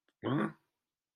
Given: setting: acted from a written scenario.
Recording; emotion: vocal sound without words; confusion